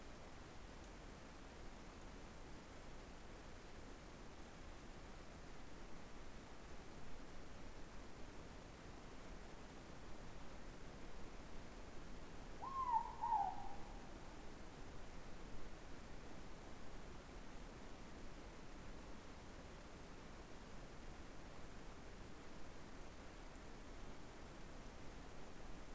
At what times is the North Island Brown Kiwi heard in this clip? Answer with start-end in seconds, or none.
none